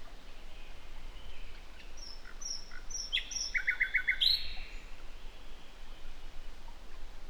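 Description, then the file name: Common nightingale singing a sequence of short high whistled notes, then a quick run of repeated chattering notes and a brief rising flourish, against low background noise. "Luscinia megarhynchos"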